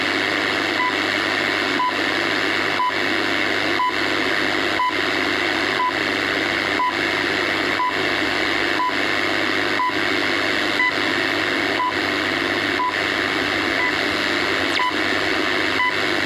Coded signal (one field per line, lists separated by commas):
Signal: radio time signal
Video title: Time Signal & Air Band #shortwavespectrum